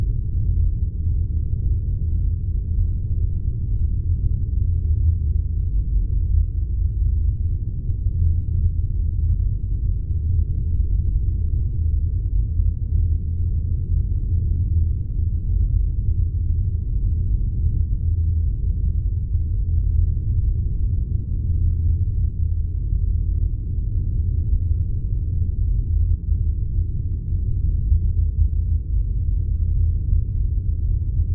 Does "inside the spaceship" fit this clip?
yes